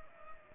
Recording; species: mosquito wingbeat signal from an infrared sensor; Culex pipiens